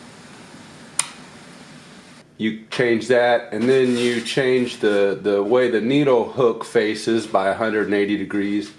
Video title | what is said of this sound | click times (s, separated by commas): "Quick tutorial on using your embroidery machine! Learn setup and tips for beautiful designs." | and it'll just click into place | 1.0 s